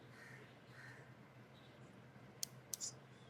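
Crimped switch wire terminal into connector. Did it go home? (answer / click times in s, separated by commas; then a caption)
yes / 2.4 s, 2.7 s. The crimped second wire terminal of a battery switch is pushed into its connector and clicks at 2.4 s and 2.7 s over a low background hum, locking in place. Someone talks.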